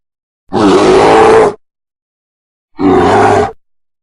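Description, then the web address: Brown bear giving two harsh, growling roars, each lasting about a second, separated by a pause of over a second of silence. Described as a bear's roar. "ayi sesi ayi kukremesi dikkat korkmayin. boz ayi"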